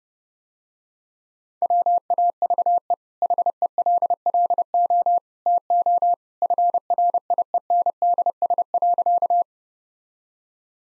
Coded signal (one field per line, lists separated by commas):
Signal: Morse code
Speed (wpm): 32 wpm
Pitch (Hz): 700 Hz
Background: none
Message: WAVE HELLO TO FRIENDS.